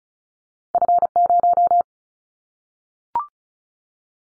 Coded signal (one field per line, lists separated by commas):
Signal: Morse code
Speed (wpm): 34 wpm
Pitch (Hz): 700 Hz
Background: none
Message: F0